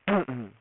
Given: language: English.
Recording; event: throat vibration sensor signal played as sound; throat clearing